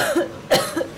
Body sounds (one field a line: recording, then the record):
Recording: coughing mixed with background sound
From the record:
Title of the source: Coughing Woman Sound - Woman Cough Sound Effect